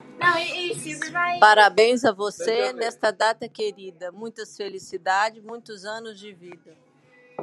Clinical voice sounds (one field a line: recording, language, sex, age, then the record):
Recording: short text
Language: Brazilian Portuguese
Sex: female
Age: 50 to 59 years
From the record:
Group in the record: control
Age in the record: 58 years